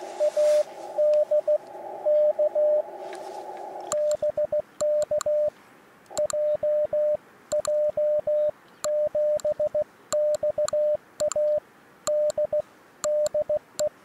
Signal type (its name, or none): Morse code